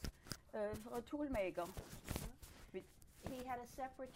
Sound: rustling of microphone

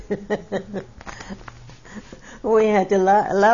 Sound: she laughs

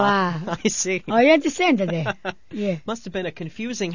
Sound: he laughs

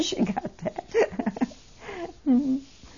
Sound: she laughs

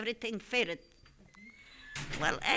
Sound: a door opens and someone enters the room

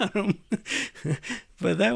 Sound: he laughs

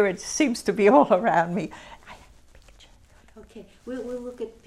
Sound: she whispers about showing pictures

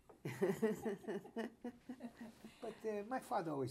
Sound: laughs

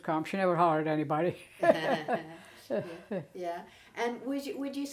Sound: laughs

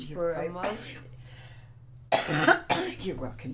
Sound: coughing

